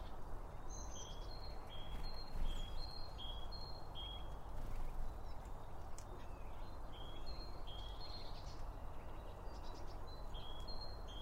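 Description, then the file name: Birds making short whistled chirps, several in quick succession then pausing, with a steady low noise bed beneath. Several birds around a bird feeder, recorded with two Line Audio OM1 microphones. "Birds Around Birdfeeding With Two Om 1 From Line Audio"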